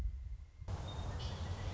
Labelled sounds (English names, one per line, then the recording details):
Pileated Woodpecker
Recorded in Sonoma County, California